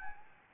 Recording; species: mosquito wingbeat signal from an infrared sensor; Anopheles gambiae